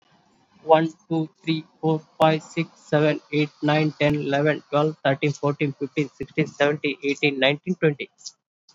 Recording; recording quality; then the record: counting at a fast pace; excellent, no background noise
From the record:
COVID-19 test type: RT-PCR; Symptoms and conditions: cold, fever, fatigue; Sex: male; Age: 21 years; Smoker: no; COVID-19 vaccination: both doses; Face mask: worn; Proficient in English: yes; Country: India